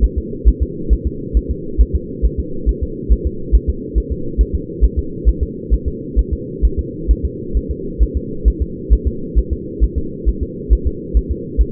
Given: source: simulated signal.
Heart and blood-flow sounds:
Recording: fetal heart sounds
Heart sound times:
0.04 s: S1
0.18 s: S2
0.48 s: S1
0.62 s: S2
0.93 s: S1
1.07 s: S2
1.37 s: S1
1.51 s: S2
1.81 s: S1
1.96 s: S2
2.25 s: S1
2.40 s: S2
2.69 s: S1
2.83 s: S2
3.12 s: S1
3.27 s: S2
3.55 s: S1
3.69 s: S2
3.98 s: S1
4.12 s: S2
4.41 s: S1
4.55 s: S2
4.84 s: S1
4.99 s: S2
5.29 s: S1
5.43 s: S2
5.74 s: S1
5.88 s: S2
6.19 s: S1
6.33 s: S2
6.65 s: S1
6.79 s: S2
7.11 s: S1
7.25 s: S2
7.57 s: S1
7.71 s: S2
8.03 s: S1
8.17 s: S2
8.48 s: S1
8.62 s: S2
8.93 s: S1
9.07 s: S2
9.38 s: S1
9.53 s: S2
9.84 s: S1
9.98 s: S2
10.29 s: S1
10.43 s: S2
10.73 s: S1
10.87 s: S2
11.17 s: S1
11.31 s: S2
11.61 s: S1
From the record:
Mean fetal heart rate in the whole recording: 135 bpm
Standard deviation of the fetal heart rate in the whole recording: 3 bpm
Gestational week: 34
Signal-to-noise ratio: -4.3 dB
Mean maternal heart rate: 72 bpm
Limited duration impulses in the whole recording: absent

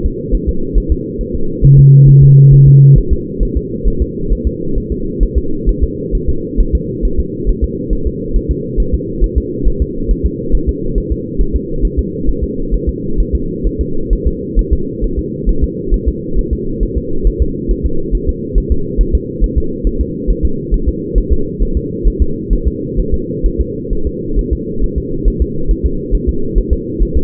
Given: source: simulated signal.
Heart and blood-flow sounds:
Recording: fetal heart sounds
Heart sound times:
0.06 s: S2
0.35 s: S1
0.49 s: S2
0.78 s: S1
0.92 s: S2
1.21 s: S1
1.35 s: S2
1.65 s: S1
1.79 s: S2
2.09 s: S1
2.23 s: S2
2.54 s: S1
2.68 s: S2
2.98 s: S1
3.13 s: S2
3.43 s: S1
3.57 s: S2
3.88 s: S1
4.02 s: S2
4.32 s: S1
4.47 s: S2
4.78 s: S1
4.92 s: S2
5.23 s: S1
5.38 s: S2
5.69 s: S1
5.84 s: S2
6.15 s: S1
6.29 s: S2
6.60 s: S1
6.75 s: S2
7.05 s: S1
7.20 s: S2
7.49 s: S1
7.64 s: S2
7.93 s: S1
8.07 s: S2
8.37 s: S1
8.51 s: S2
8.80 s: S1
8.94 s: S2
9.24 s: S1
9.38 s: S2
9.68 s: S1
9.82 s: S2
10.11 s: S1
10.26 s: S2
10.55 s: S1
10.69 s: S2
10.98 s: S1
11.12 s: S2
11.41 s: S1
11.56 s: S2
11.85 s: S1
11.99 s: S2
12.29 s: S1
12.44 s: S2
12.74 s: S1
12.89 s: S2
13.20 s: S1
13.35 s: S2
13.67 s: S1
13.81 s: S2
14.13 s: S1
14.27 s: S2
14.59 s: S1
14.73 s: S2
15.04 s: S1
15.19 s: S2
15.49 s: S1
15.64 s: S2
15.94 s: S1
16.08 s: S2
16.39 s: S1
16.53 s: S2
16.83 s: S1
16.97 s: S2
17.27 s: S1
17.42 s: S2
17.71 s: S1
17.86 s: S2
18.15 s: S1
18.29 s: S2
18.58 s: S1
18.72 s: S2
19.01 s: S1
19.15 s: S2
19.44 s: S1
19.58 s: S2
19.87 s: S1
20.01 s: S2
20.30 s: S1
20.45 s: S2
20.74 s: S1
20.88 s: S2
21.18 s: S1
21.33 s: S2
21.63 s: S1
21.77 s: S2
22.07 s: S1
22.22 s: S2
22.53 s: S1
22.68 s: S2
23.00 s: S1
23.14 s: S2
23.46 s: S1
23.61 s: S2
23.93 s: S1
24.07 s: S2
24.39 s: S1
24.53 s: S2
24.84 s: S1
24.98 s: S2
25.28 s: S1
25.42 s: S2
25.71 s: S1
25.86 s: S2
26.15 s: S1
26.29 s: S2
26.58 s: S1
26.73 s: S2
27.03 s: S1
27.17 s: S2
From the record:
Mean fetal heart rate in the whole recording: 135 bpm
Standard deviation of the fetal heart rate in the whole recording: 3 bpm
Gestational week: 36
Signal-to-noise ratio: -8.1 dB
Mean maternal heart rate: 72 bpm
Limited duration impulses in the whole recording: present

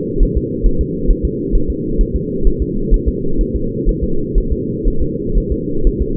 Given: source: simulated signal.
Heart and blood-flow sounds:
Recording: fetal heart sounds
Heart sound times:
0.23 s: S1
0.37 s: S2
0.66 s: S1
0.81 s: S2
1.11 s: S1
1.25 s: S2
1.55 s: S1
1.70 s: S2
2.01 s: S1
2.16 s: S2
2.47 s: S1
2.62 s: S2
2.94 s: S1
3.09 s: S2
3.41 s: S1
3.56 s: S2
3.89 s: S1
4.03 s: S2
4.38 s: S1
4.53 s: S2
4.88 s: S1
5.02 s: S2
5.38 s: S1
5.52 s: S2
5.87 s: S1
6.02 s: S2
From the record:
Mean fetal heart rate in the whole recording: 130 bpm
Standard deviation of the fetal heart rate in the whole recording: 4 bpm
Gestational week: 38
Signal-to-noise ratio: -8.1 dB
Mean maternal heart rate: 72 bpm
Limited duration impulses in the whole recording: absent

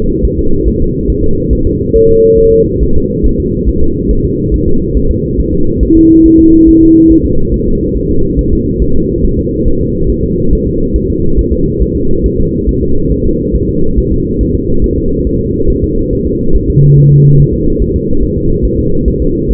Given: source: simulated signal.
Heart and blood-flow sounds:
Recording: fetal heart sounds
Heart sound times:
0.25 s: S1
0.39 s: S2
0.68 s: S1
0.82 s: S2
1.10 s: S1
1.24 s: S2
1.53 s: S1
1.67 s: S2
1.96 s: S1
2.10 s: S2
2.39 s: S1
2.53 s: S2
2.83 s: S1
2.97 s: S2
3.26 s: S1
3.40 s: S2
3.69 s: S1
3.83 s: S2
4.11 s: S1
4.25 s: S2
4.54 s: S1
4.68 s: S2
4.97 s: S1
5.11 s: S2
5.40 s: S1
5.54 s: S2
5.83 s: S1
5.97 s: S2
6.26 s: S1
6.40 s: S2
6.69 s: S1
6.83 s: S2
7.12 s: S1
7.26 s: S2
7.54 s: S1
7.68 s: S2
7.97 s: S1
8.11 s: S2
8.39 s: S1
8.53 s: S2
8.82 s: S1
8.96 s: S2
9.25 s: S1
9.39 s: S2
9.67 s: S1
9.81 s: S2
10.10 s: S1
10.24 s: S2
10.53 s: S1
10.67 s: S2
10.96 s: S1
11.10 s: S2
11.39 s: S1
11.53 s: S2
11.82 s: S1
11.96 s: S2
12.26 s: S1
12.40 s: S2
12.69 s: S1
12.83 s: S2
13.12 s: S1
13.26 s: S2
13.55 s: S1
13.69 s: S2
13.98 s: S1
14.12 s: S2
14.41 s: S1
14.55 s: S2
14.84 s: S1
14.98 s: S2
15.27 s: S1
15.41 s: S2
15.70 s: S1
15.84 s: S2
16.13 s: S1
16.27 s: S2
16.56 s: S1
16.70 s: S2
16.98 s: S1
17.12 s: S2
17.40 s: S1
17.54 s: S2
17.82 s: S1
17.96 s: S2
18.24 s: S1
18.38 s: S2
18.65 s: S1
18.80 s: S2
19.08 s: S1
19.22 s: S2
19.51 s: S1
From the record:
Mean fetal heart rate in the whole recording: 140 bpm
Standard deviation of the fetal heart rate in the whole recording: 2 bpm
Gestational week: 34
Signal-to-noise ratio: -17.7 dB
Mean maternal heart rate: 72 bpm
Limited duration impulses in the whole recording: present

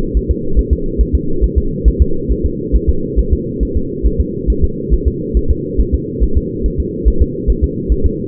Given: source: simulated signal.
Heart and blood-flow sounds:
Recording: fetal heart sounds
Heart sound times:
0.17 s: S1
0.31 s: S2
0.59 s: S1
0.73 s: S2
1.01 s: S1
1.15 s: S2
1.44 s: S1
1.58 s: S2
1.88 s: S1
2.02 s: S2
2.32 s: S1
2.46 s: S2
2.76 s: S1
2.90 s: S2
3.19 s: S1
3.33 s: S2
3.63 s: S1
3.77 s: S2
4.07 s: S1
4.20 s: S2
4.50 s: S1
4.64 s: S2
4.94 s: S1
5.08 s: S2
5.37 s: S1
5.51 s: S2
5.81 s: S1
5.94 s: S2
6.24 s: S1
6.37 s: S2
6.66 s: S1
6.80 s: S2
7.08 s: S1
7.22 s: S2
7.50 s: S1
7.64 s: S2
7.92 s: S1
8.06 s: S2
From the record:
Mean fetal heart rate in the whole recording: 140 bpm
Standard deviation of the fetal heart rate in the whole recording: 2 bpm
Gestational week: 34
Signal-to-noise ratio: -8.1 dB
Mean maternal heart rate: 72 bpm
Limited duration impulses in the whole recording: absent

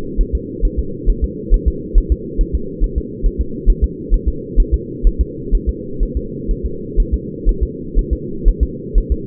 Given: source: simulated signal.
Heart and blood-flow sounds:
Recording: fetal heart sounds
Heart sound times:
0.21 s: S1
0.35 s: S2
0.65 s: S1
0.79 s: S2
1.09 s: S1
1.24 s: S2
1.54 s: S1
1.68 s: S2
1.98 s: S1
2.12 s: S2
2.41 s: S1
2.55 s: S2
2.84 s: S1
2.98 s: S2
3.26 s: S1
3.41 s: S2
3.70 s: S1
3.84 s: S2
4.14 s: S1
4.28 s: S2
4.60 s: S1
4.74 s: S2
5.07 s: S1
5.21 s: S2
5.55 s: S1
5.69 s: S2
6.03 s: S1
6.17 s: S2
6.51 s: S1
6.66 s: S2
7.00 s: S1
7.14 s: S2
7.49 s: S1
7.63 s: S2
7.99 s: S1
8.13 s: S2
8.49 s: S1
8.63 s: S2
8.98 s: S1
9.12 s: S2
From the record:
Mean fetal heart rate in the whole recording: 130 bpm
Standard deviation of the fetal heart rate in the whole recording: 4 bpm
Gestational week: 38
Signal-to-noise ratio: -4.3 dB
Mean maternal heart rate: 72 bpm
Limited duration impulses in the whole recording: absent

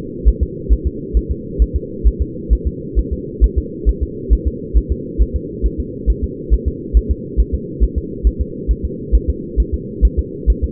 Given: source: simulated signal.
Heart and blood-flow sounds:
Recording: fetal heart sounds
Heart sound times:
0.28 s: S1
0.43 s: S2
0.73 s: S1
0.87 s: S2
1.17 s: S1
1.31 s: S2
1.62 s: S1
1.76 s: S2
2.07 s: S1
2.22 s: S2
2.53 s: S1
2.67 s: S2
2.99 s: S1
3.13 s: S2
3.44 s: S1
3.58 s: S2
3.89 s: S1
4.03 s: S2
4.33 s: S1
4.47 s: S2
4.77 s: S1
4.92 s: S2
5.22 s: S1
5.36 s: S2
5.66 s: S1
5.80 s: S2
6.10 s: S1
6.24 s: S2
6.54 s: S1
6.68 s: S2
6.97 s: S1
7.11 s: S2
7.40 s: S1
7.55 s: S2
7.84 s: S1
7.98 s: S2
8.27 s: S1
8.41 s: S2
8.71 s: S1
8.85 s: S2
9.15 s: S1
9.30 s: S2
9.60 s: S1
9.74 s: S2
10.05 s: S1
10.19 s: S2
10.50 s: S1
10.64 s: S2
From the record:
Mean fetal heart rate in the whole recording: 135 bpm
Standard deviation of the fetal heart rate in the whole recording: 3 bpm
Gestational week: 34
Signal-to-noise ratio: -4.1 dB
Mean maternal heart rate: no maternal heart sound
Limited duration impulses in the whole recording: absent

